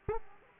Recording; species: mosquito wingbeat signal from an infrared sensor; Aedes aegypti